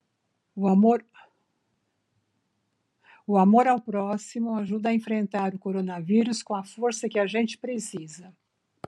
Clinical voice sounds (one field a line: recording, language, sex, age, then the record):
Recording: spoken sentence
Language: Brazilian Portuguese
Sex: female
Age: 60 to 69 years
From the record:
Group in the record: control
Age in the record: 66 years